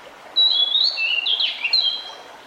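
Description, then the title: Pied Bushchat song: a single rich whistled phrase of several linked, sliding notes against light background hiss. Recording meant to help a decu that has stopped singing; decu is a territorial fighter-type bird. "Mengatasi burung decu yang macet bunyi"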